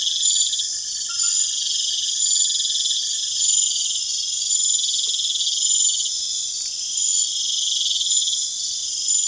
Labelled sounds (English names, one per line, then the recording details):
none
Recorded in pastures near Puerto Asís, Putumayo, Colombia, on 29 June 2025 at 22:30
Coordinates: 0.502, -76.324
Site G010